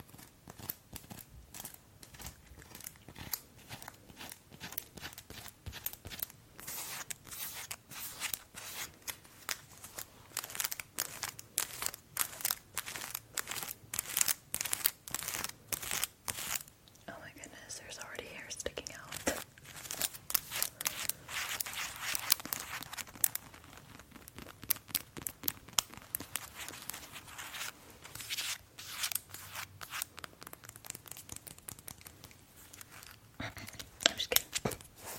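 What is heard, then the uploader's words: Long nails scratch across skin in a dry, crackly stream of quick strokes, dense and bright with fine crisp detail. The rhythm shifts between rapid bursts and short pauses, with a softer, smoother passage around the middle. ASMR Skin Scratching with EXTREME LONG NAILS.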